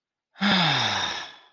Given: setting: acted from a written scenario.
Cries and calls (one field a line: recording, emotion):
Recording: vocal sound without words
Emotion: relief